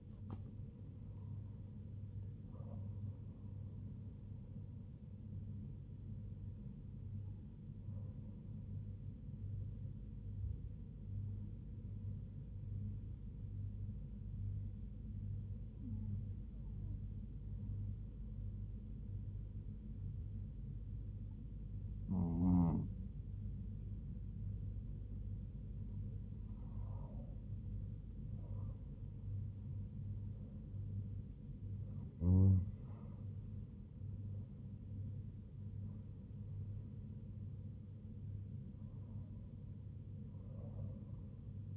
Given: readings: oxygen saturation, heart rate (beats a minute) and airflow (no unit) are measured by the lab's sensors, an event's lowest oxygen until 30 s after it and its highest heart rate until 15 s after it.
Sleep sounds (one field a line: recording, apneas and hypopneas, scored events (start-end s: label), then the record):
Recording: breathing in sleep by a smartphone at the bedside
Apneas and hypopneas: 1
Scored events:
5.00-35.00 s: new sleep stage, N2 (light sleep)
9.00-27.20 s: hypopnea (N2, oxygen 98% highest, then 96% lowest, heart rate 72 at the start, 81 highest)
35.00-41.77 s: new sleep stage, N1 (lightest sleep)
From the record:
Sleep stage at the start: N1 (lightest sleep)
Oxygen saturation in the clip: 97 to 98%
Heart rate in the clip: 69 to 83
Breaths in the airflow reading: 9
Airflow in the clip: -5.9 to 4.8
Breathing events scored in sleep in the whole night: 158 in 7.3 hours asleep